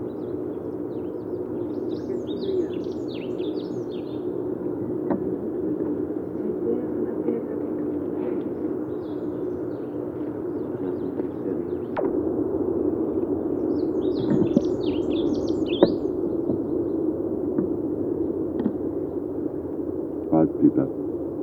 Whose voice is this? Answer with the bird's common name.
Olive-backed Pipit